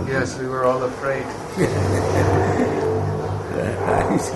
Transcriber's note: laughs